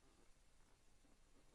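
An infant car seat (Graco or Chicco) is being handled and placed onto the adapter on a Joovy Qool stroller, producing only a faint, low, steady rustle with no sharp transients. Nothing has seated or clicked yet; the clip ends just before the seat goes home.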